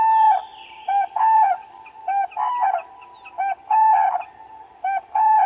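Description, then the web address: Black-throated loon holds a steady mellow wail broken by rhythmic repeated clucking notes, about one phrase every second. Recorded in Finland in spring 2024, week 20. "reksin-huomenet-kevat-2024 viikko-20-lintujen-laulu kuikka"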